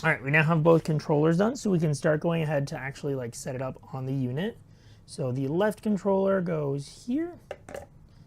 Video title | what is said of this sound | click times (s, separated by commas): Foscomax Charging Dock, Rechargeable 2X2100mAh Batteries, RGB Charging Stand for VR Headset & Contro | like so, and it kind of pulls in and locks into place magnetically, which is really nice. | 7.7 s